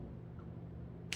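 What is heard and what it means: A plastic cap is pressed onto a lip balm tube and snaps shut with a sharp click at 1.1 s, heard over a steady low hum. A faint tick also sounds around 0.4 s. The cap is firmly seated.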